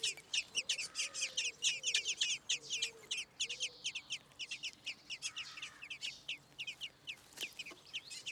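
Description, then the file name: Common blackbird calls, a fast, uneven run of sharp, high chattering notes repeated in bursts, with a low soft tone underneath. "Turdus merula"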